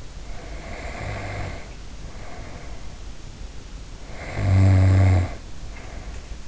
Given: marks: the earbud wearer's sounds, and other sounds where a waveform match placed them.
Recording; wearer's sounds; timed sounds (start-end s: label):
sounds in sleep by an in-ear microphone; snoring breath
0.22-3.19 s: snoring breath
3.81-6.48 s: snoring breath